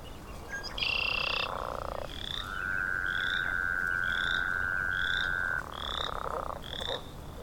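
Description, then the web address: Northern leopard frog calling with a long, steady buzzing trill and low grunting notes, with short, high, repeated chirps throughout. "l pipiens sounds"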